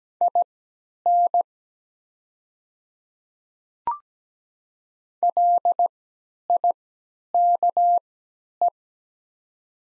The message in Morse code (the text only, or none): IN LIKE